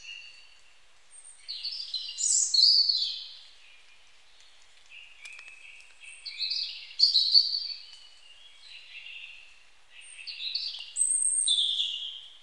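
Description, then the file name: European robin giving three separate warbled song phrases, high tinkling cascades separated by short pauses. "Erithacus rubecula"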